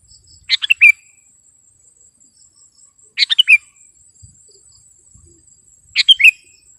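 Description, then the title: Sooty-headed bulbul song, short bubbly phrases repeated three times, about every two and a half to three seconds, over a steady high insect drone. "kutilang"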